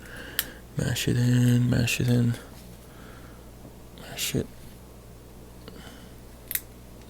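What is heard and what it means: Someone talks while pressing a metal retaining ring around the inner groove of a vintage Challenge by Proto 1260-4 3/8 inch drive ratchet head during reassembly. A few light ticks and taps come through, then a sharp snap at 6.6 s as the ring clicks into its groove and seats.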